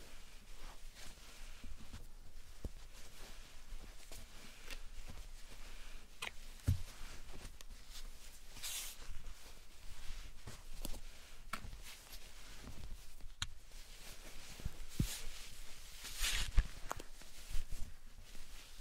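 Slime and sand being squished and handled, a steady run of soft crackling, sticky textures with fine gritty hiss. Sharp little pops and clicks break through every second or so, with brighter squelchy bursts around nine seconds and again near fifteen to seventeen seconds.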